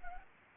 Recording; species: mosquito wingbeat signal from an infrared sensor; Anopheles gambiae